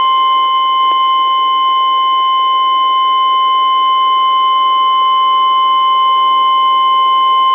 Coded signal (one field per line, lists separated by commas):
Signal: Emergency Alert System (SAME) tones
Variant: 1050 Hz attention tone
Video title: EAS Mock #19: Michigan Tornado Warning (5/29/11)